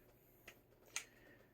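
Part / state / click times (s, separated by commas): plastic brick clip pieces onto a bar in a brick model / seated / 0.5 s, 1.0 s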